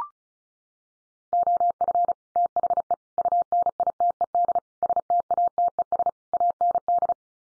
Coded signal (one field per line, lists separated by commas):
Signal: Morse code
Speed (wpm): 34 wpm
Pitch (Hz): 700 Hz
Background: none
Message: OF THE UNITED STATES AND